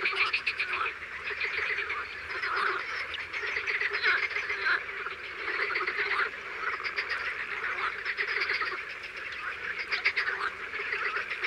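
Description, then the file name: Frogs and toads in a continuous chorus of overlapping croaks and rattling trills, steady throughout with slight swells in intensity. Recorded in the morning. "BATRACIENS AU MATIN"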